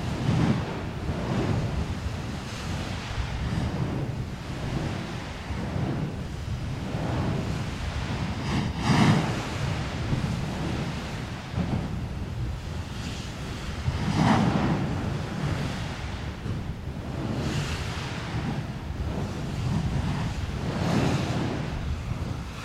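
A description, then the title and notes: A volcano roars with a deep, continuous rumble of venting gas, churning like heavy surf. Louder bursts and sharp crackling splashes break through at about 9, 14, 17 and 21 seconds, likely lava bombs, over constant wind buffeting the microphone. Erta Ale Volcano - Gases and lava bombs. Erta Ale (Smoking Mountain) is one of only 8 volcanoes with lava lakes on Earth. Recorded this geological wonder for the Volcano sound effects library. Recorded with Sony PCM A10, Lom MikroUsi mics and Bubblebee WindBubbles.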